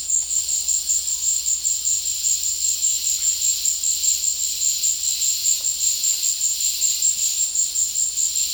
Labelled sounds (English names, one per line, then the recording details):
none
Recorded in dense forest near Puerto Asís, Putumayo, Colombia, on 22 December 2024 at 15:30
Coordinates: 0.485, -76.318
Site GP03